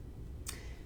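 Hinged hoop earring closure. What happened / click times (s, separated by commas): The small hinged clasp clicks shut / 0.5 s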